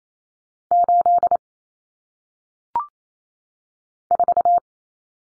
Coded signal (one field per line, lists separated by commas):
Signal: Morse code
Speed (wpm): 28 wpm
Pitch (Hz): 700 Hz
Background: none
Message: 8 4